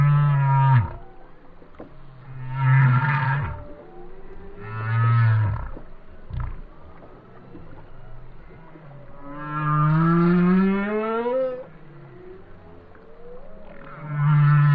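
Whale song: a sequence of deep moans and lowing notes, some short and some drawn out and rising.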